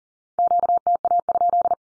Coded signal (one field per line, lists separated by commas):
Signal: Morse code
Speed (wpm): 40 wpm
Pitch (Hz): 700 Hz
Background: none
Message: QTA?